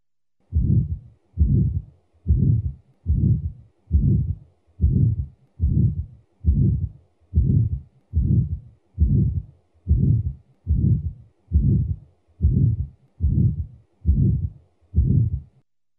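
Regular low-pitched heart cycles at about 68 per minute, each carrying a long, coarse whooshing sound that swells and fades. This is the murmur typical of severe aortic stenosis, a harsh ejection murmur from a narrowed aortic valve.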